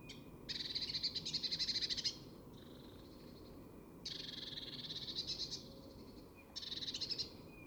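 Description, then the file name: Eurasian blue tit scolding with three bursts of fast, buzzy churring notes, separated by pauses. "Cyanistes caeruleus"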